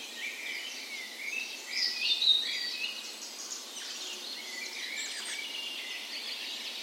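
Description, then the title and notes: Birds in a soft dawn chorus, gentle overlapping twitters and trills, with a louder warbled phrase about two seconds in. Dawn chorus in a park west in Bergen, Norway, on the morning of 17 May, Norway's National Day, in spring; recorded on a Sony PCM A10 with LOM Usi microphones used as tree ears. "17th Of May Dawn Chorus. Recorded on the morning of Norways National Day the 17th of May in a park west in Bergen. Spring is in full effect, and the dawn chorus sounds wonderful!"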